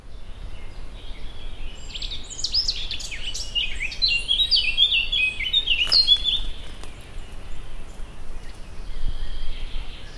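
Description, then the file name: Eurasian blackcap warbling a fast, jumbled run of sweet, twisting notes that ends after a few seconds, with constant low rumbling noise throughout. "Sylvia atricapilla"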